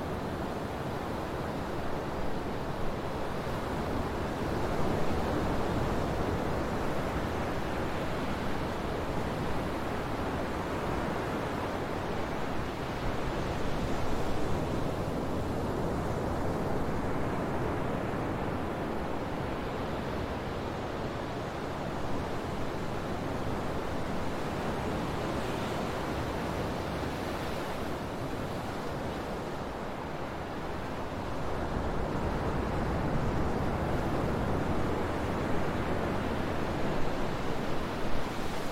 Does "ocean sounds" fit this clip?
yes